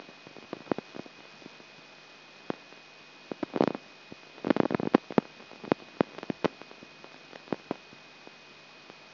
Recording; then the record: brain microelectrode recording played as sound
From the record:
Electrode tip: outside the subthalamic nucleus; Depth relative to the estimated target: -6 mm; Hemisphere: left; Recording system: AlphaMap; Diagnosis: Parkinson's disease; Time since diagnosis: 9 years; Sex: male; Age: 58 years